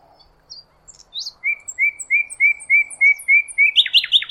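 Bird song opening with a few high notes, then steady repeated slurred chirps about three per second, ending in faster buzzy notes.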